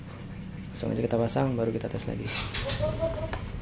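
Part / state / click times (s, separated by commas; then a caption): hard disk drive into laptop SATA connector / not seated / none. A loose hard disk drive is pushed toward its SATA connector inside an HP 540 laptop, reported as not seated properly and detached from its socket. Someone talks throughout, with a sharp knock near 3.3 s. Nothing has seated or clicked yet.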